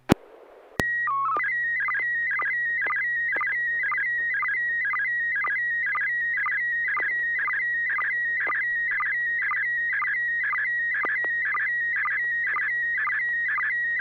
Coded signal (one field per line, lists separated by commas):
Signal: SSTV (slow-scan television)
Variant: PD 120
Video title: N6NA SSTV Net - 03/13/2024